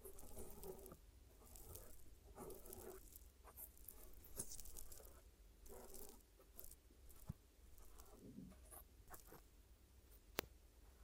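Glue ear massage and cleaning: soft rubbing and rustling sounds come in irregular bursts roughly every second, with light patter and scratchy textures. A low steady rumble runs underneath, and a few sharp clicks stand out near seven and ten seconds.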